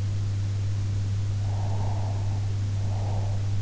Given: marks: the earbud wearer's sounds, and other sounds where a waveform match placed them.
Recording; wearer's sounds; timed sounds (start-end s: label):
sounds in sleep by an in-ear microphone; breath
1.54-3.40 s: breath